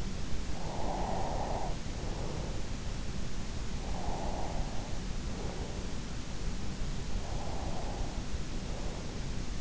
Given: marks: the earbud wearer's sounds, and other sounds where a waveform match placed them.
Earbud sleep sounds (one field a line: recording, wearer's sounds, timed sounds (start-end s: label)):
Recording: sounds in sleep by an in-ear microphone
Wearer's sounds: breath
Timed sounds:
0.00-2.85 s: breath
3.36-6.34 s: breath
6.91-9.59 s: breath